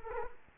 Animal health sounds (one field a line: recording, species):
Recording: mosquito wingbeat signal from an infrared sensor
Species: Culex quinquefasciatus